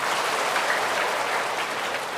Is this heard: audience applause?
yes